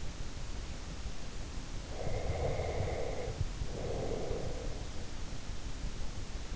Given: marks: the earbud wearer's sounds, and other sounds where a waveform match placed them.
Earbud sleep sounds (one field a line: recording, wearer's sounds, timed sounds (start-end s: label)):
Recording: sounds in sleep by an in-ear microphone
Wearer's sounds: breath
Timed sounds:
1.95-4.88 s: breath